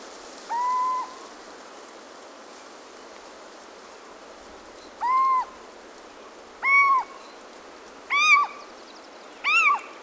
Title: Ricote, Región de Murcia, España - Owl on the Path to La Yesera. by Carlos Suárez